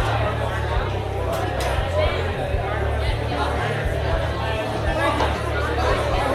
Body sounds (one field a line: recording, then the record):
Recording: background sound without coughing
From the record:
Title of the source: CITY SOUNDS Busy Bar in the Evening Night - 2 HOURS of Ambiance for Relaxation